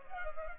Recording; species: mosquito wingbeat signal from an infrared sensor; Culex pipiens